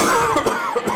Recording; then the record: coughing mixed with background sound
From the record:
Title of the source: Mid-morning Winter Coughing Fit